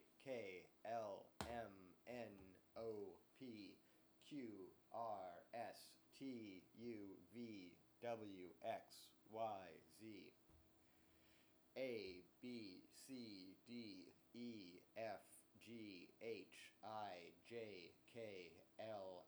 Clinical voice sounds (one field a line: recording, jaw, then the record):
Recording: letters of the alphabet, spoken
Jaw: free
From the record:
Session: seven days later